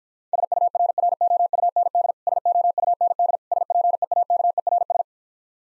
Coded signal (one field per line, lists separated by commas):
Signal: Morse code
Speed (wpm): 49 wpm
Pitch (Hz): 700 Hz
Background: none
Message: SURROUND SOUND SPEAKERS